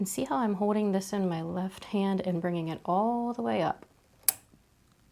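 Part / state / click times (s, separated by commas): upper thread into the tension check spring of a sewing machine / seated / 4.3 s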